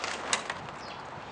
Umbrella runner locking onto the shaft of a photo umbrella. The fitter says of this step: you'll notice just clicks into place and then we have our nice 43in um opening